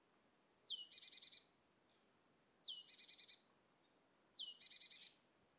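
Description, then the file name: Great tit singing three identical phrases, each a sharp falling whistle leading into a rapid, metallic burst of five or six notes, about two seconds apart. "Parus major"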